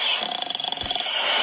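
Steady ocean-sound hiss from a white noise machine is broken by a single rough, fluttering snore from a woman in deep sleep, lasting under a second, with a deep rumbling burst at its peak. It is a loud, raspy sleep snore that sounds like a dying animal, unenhanced and unedited.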